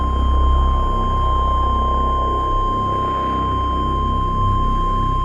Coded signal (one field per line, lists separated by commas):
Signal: Emergency Alert System (SAME) tones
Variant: 1050 Hz attention tone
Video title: SLIGHTSANITY 6: PDS SLIGHT - EAS Alerts From 4/11/24 (EAS #1596-1611)